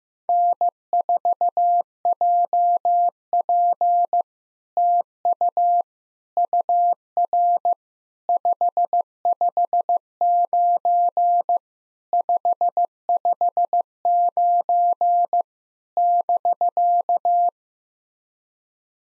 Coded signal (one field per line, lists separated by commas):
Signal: Morse code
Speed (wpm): 15 wpm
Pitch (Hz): 700 Hz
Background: none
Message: N4JP TU UR 559 559 <BK>